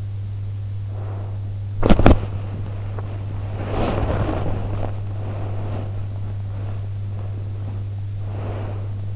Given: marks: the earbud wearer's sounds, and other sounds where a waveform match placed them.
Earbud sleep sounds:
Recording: sounds in sleep by an in-ear microphone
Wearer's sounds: breath, teeth grinding, body movement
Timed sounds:
0.81-1.46 s: breath
1.64-2.32 s: teeth grinding
2.63-4.54 s: sound from someone else or the room
4.96-9.16 s: body movement

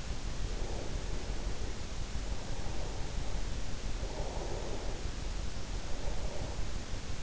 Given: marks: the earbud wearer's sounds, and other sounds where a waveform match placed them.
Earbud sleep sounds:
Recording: sounds in sleep by an in-ear microphone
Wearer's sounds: breath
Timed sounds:
0.00-1.69 s: breath
2.88-6.62 s: breath

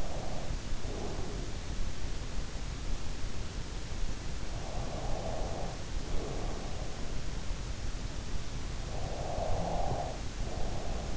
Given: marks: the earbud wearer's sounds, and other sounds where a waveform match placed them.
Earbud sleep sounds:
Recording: sounds in sleep by an in-ear microphone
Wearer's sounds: breath, snoring breath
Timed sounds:
0.00-2.67 s: breath
4.29-6.73 s: snoring breath
8.40-11.17 s: snoring breath

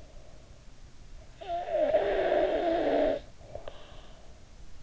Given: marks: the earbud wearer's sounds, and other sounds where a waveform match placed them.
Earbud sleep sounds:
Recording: sounds in sleep by an in-ear microphone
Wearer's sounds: snoring breath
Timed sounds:
1.11-4.11 s: snoring breath

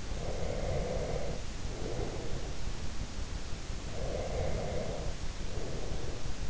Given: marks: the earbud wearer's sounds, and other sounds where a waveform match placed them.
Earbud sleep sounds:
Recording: sounds in sleep by an in-ear microphone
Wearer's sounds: breath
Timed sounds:
0.12-2.62 s: breath
3.90-6.50 s: breath

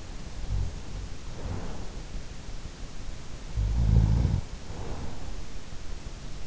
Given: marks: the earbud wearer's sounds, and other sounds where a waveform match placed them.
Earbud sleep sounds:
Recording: sounds in sleep by an in-ear microphone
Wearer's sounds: snoring breath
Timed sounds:
0.31-2.08 s: snoring breath
3.46-5.69 s: snoring breath

